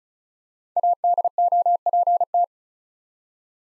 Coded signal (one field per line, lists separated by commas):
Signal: Morse code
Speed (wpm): 36 wpm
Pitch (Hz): 700 Hz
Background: none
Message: ADOPT